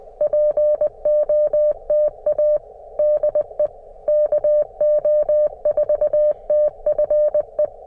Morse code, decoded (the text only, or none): POTA DE KO4TFE